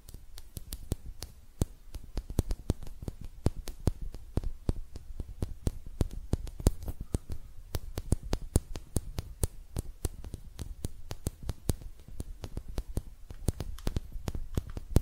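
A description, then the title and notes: Hand sounds made of sharp, dry taps and clicks, coming quickly and irregularly throughout, over a faint low rumble. ASMR Relaxing Hand Sounds (No Talking).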